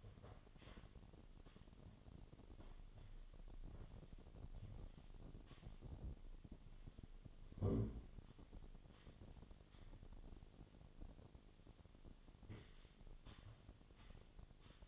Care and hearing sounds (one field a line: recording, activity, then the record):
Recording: daily activity, microphone in the room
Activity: sweep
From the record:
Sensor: 4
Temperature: 28.5 degrees Celsius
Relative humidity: 34.1%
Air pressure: 1007.8 hPa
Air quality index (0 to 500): 192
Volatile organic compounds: 6 ppm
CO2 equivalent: 1922 ppm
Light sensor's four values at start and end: 23/72/27/26 and 23/73/28/27